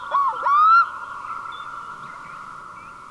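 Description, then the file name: Black-throated loon calls with two short whistled notes sliding upward in quick succession, followed by a steady droning hum with faint higher notes. "Storlom"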